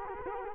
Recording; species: mosquito wingbeat signal from an infrared sensor; Culex quinquefasciatus